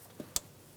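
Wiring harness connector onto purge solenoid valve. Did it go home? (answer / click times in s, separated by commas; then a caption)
yes / 0.4 s. An electrical wiring harness connector is pushed onto the new plastic vapor canister purge solenoid valve of a 2003-2008 Honda Pilot. A soft low thump comes at 0.2 s, then a single sharp, bright click at 0.4 s. The connector clicks in and is seated.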